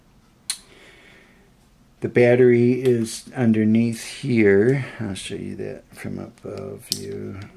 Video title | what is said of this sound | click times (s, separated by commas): Iris Camera CMASL Setup | shut and then you push it forwards and it'll click into closure | 0.5 s